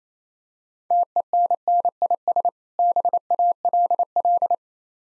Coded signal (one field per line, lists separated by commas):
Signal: Morse code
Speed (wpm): 29 wpm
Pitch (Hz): 700 Hz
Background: none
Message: TENNIS BALL